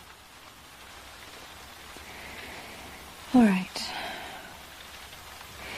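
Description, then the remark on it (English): Steady rain hisses without a break, a soft, even wash of falling drops, while a voice briefly speaks partway through. “I've always been afraid of the rain.”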